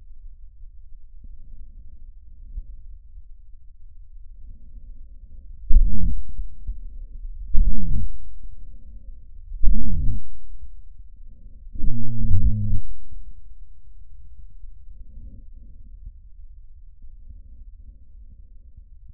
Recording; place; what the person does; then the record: lung sounds by stethoscope; trachea; quiet breathing, then cough and speech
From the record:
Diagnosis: COPD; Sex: male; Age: 69 years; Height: 162 cm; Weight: 124.8 kg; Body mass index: 47.6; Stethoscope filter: bell mode